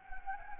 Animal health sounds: mosquito wingbeat signal from an infrared sensor; Anopheles gambiae

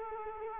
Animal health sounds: mosquito wingbeat signal from an infrared sensor; Culex quinquefasciatus

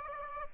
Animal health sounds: mosquito wingbeat signal from an infrared sensor; Aedes aegypti

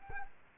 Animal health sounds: mosquito wingbeat signal from an infrared sensor; Culex quinquefasciatus

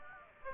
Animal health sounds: mosquito wingbeat signal from an infrared sensor; Aedes aegypti

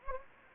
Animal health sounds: mosquito wingbeat signal from an infrared sensor; Anopheles gambiae

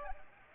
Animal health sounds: mosquito wingbeat signal from an infrared sensor; Culex pipiens

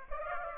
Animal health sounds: mosquito wingbeat signal from an infrared sensor; Aedes aegypti

